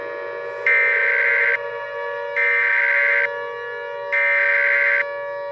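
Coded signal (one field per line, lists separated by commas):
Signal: Emergency Alert System (SAME) tones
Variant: header bursts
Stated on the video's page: Fictional EAS scenario, not a real alert.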